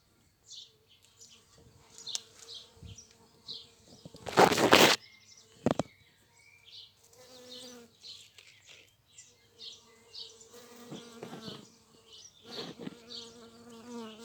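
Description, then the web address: Bee flight buzz, a low droning hum that comes and goes in short passes, with frequent high chirps, a loud rustling burst and a few clicks. Flight sounds of bumblebees and bees in the local area, date code 220507. "Vols Bourdnabeilles 220507-Abeillesducoin"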